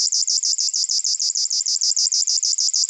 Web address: Locustella fluviatilis